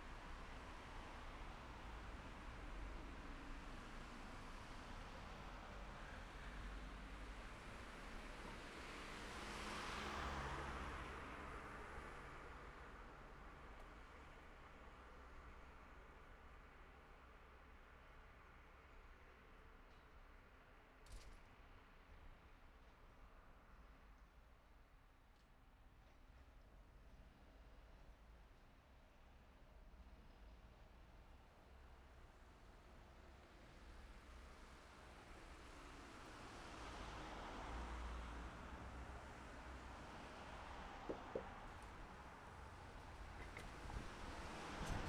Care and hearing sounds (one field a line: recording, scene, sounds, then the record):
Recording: everyday scene through a hearing-aid microphone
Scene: in traffic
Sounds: traffic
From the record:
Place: city secondary road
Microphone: behind the ear, left, rear